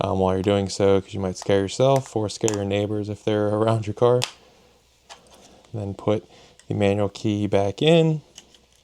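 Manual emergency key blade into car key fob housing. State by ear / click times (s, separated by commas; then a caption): not seated / none. Someone talks while the metal manual emergency key blade is about to be put back into its slot in the plastic key fob housing of a Toyota GR Corolla, after the fob battery has been replaced and the fob clamshelled back together. A few faint handling ticks are heard near the end, but nothing has seated or clicked yet.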